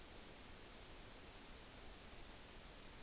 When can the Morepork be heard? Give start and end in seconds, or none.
none